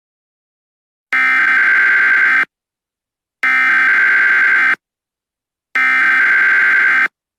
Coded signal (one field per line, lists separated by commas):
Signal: Emergency Alert System (SAME) tones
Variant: header bursts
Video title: SCP-001 WHEN DAY BREAKS EAS créditos a @breachnetwork poner en bucle si quieren trolear ha alguien.